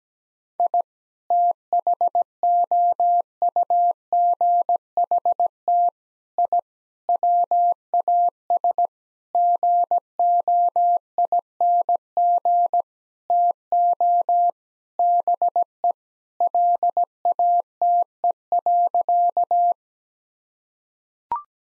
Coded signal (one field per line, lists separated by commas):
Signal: Morse code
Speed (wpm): 17 wpm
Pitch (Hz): 700 Hz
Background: none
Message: I THOUGHT I WAS GOING TO BE LATE.